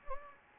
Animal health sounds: mosquito wingbeat signal from an infrared sensor; Anopheles gambiae

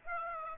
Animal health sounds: mosquito wingbeat signal from an infrared sensor; Aedes aegypti

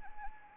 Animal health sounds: mosquito wingbeat signal from an infrared sensor; Anopheles arabiensis

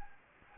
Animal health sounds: mosquito wingbeat signal from an infrared sensor; Anopheles gambiae

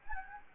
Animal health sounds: mosquito wingbeat signal from an infrared sensor; Anopheles gambiae

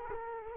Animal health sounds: mosquito wingbeat signal from an infrared sensor; Culex quinquefasciatus

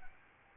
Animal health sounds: mosquito wingbeat signal from an infrared sensor; Aedes albopictus

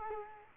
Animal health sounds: mosquito wingbeat signal from an infrared sensor; Culex quinquefasciatus

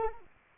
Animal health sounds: mosquito wingbeat signal from an infrared sensor; Anopheles arabiensis

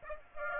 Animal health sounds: mosquito wingbeat signal from an infrared sensor; Aedes aegypti

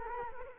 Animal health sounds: mosquito wingbeat signal from an infrared sensor; Culex quinquefasciatus

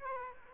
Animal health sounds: mosquito wingbeat signal from an infrared sensor; Aedes aegypti

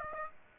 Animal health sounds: mosquito wingbeat signal from an infrared sensor; Aedes aegypti

